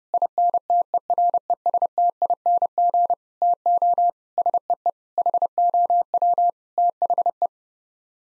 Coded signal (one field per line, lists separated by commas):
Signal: Morse code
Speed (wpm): 30 wpm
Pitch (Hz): 700 Hz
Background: none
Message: INTERESTING TO SEE HOW THE